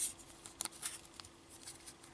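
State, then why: Not seated. An iGo Primo GPS sat-nav unit, also called a Tsing GPS, is handled against its plastic windscreen mount cradle. Brief sharp ticks and light rustling are heard around 0.7, 0.9 and 1.2 seconds. The unit has not yet snapped into place, so nothing has seated or clicked.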